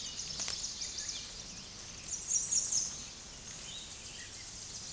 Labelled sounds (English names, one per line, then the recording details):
American Redstart song
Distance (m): 20 m
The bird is about 15 m above the microphone
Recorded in a Pennsylvania forest on 16 May 2024 at 07:04
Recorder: AudioMoth, point MSD-2112
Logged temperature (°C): 16.3 °C
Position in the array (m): 48 m, 233 m